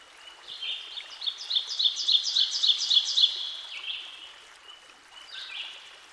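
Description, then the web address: Ovenbird song: a fast, regular series of paired high notes that swells in volume, then stops, followed by a few separate high chirps. Recorded by a stream. "Dan Gibson Songbirds By The Stream. Ovenbird"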